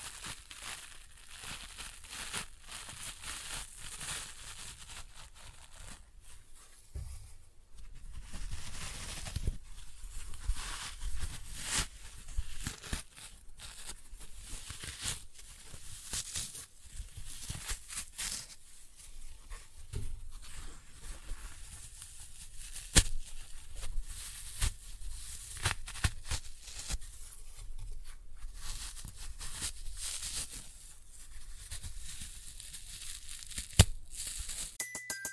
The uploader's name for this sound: Floral Foam Glitter Bomb Crushing